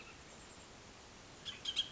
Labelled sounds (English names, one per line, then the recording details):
Bullock's Oriole
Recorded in Sonoma County, California